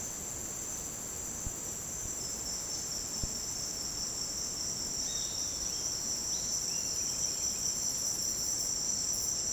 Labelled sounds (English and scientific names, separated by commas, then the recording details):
Black-striped Sparrow (Arremonops conirostris), Roadside Hawk (Rupornis magnirostris)
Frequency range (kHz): Black-striped Sparrow (Arremonops conirostris) 1.6-5.1 kHz; Roadside Hawk (Rupornis magnirostris) 2.6-4.6 kHz
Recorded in secondary vegetation near Puerto Asís, Putumayo, Colombia, on 29 June 2025 at 08:30
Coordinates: 0.484, -76.319
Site G074